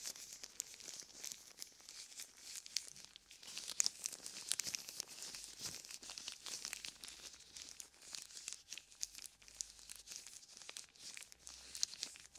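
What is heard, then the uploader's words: Gloved hands cup and rub over the ears, making a dense, steady crinkling and rustling that stays bright and hissy throughout. ASMR Ear Cupping with Gloves.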